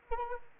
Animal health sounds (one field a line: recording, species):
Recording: mosquito wingbeat signal from an infrared sensor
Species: Anopheles arabiensis